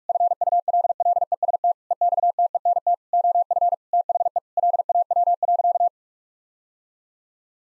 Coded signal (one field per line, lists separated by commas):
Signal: Morse code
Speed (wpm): 46 wpm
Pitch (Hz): 700 Hz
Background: none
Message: FULLEST EXTENT OF THE LAW.